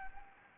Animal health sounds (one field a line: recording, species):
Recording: mosquito wingbeat signal from an infrared sensor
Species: Anopheles gambiae